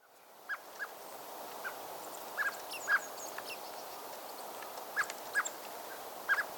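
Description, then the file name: Common blackbird calls: brief, hard chuck notes in loose clusters of two or three, with thin high whistles from other birds and a constant hissing background. "Turdus merula"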